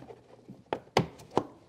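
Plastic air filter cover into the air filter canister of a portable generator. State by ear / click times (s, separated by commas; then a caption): not seated / none. A plastic air filter cover is being refitted to the air filter canister of a portable inverter generator, top clip first, then rocked up underneath. Three short, sharp plastic knocks sound at about 0.7, 1.0 and 1.4 seconds as the cover is handled. Nothing has seated or clicked into place yet.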